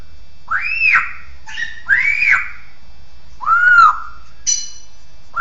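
Bird song of strong arched whistles with a few shorter, higher notes between, over a quiet background.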